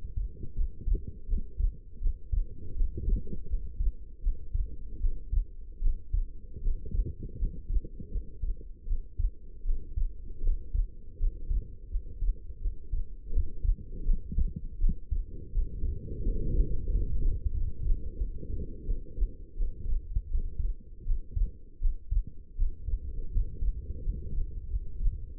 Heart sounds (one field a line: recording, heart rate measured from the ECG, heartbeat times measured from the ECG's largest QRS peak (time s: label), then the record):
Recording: heart sounds by stethoscope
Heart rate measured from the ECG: 82 bpm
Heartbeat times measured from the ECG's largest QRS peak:
0.54 s: heartbeat
1.27 s: heartbeat
2.00 s: heartbeat
2.75 s: heartbeat
3.48 s: heartbeat
4.22 s: heartbeat
5.00 s: heartbeat
5.80 s: heartbeat
6.61 s: heartbeat
7.38 s: heartbeat
8.10 s: heartbeat
8.86 s: heartbeat
9.64 s: heartbeat
10.42 s: heartbeat
11.18 s: heartbeat
11.90 s: heartbeat
12.60 s: heartbeat
13.31 s: heartbeat
14.04 s: heartbeat
14.79 s: heartbeat
15.53 s: heartbeat
16.22 s: heartbeat
16.89 s: heartbeat
17.53 s: heartbeat
18.17 s: heartbeat
18.85 s: heartbeat
19.56 s: heartbeat
20.30 s: heartbeat
21.04 s: heartbeat
21.80 s: heartbeat
22.56 s: heartbeat
23.31 s: heartbeat
24.02 s: heartbeat
24.69 s: heartbeat
25.37 s: heartbeat
From the record:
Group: healthy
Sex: female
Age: 19 years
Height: 163 cm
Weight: 51 kg